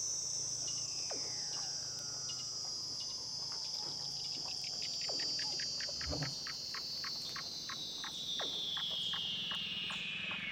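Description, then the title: Weddell seal trill: a loud, long whistle gliding steadily downward across the whole stretch, overlaid by rapid pulses repeating about four times a second. Recorded underwater. "Douglas Quin - Weddell Seals (Underwater)"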